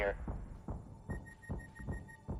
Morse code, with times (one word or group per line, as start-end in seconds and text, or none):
none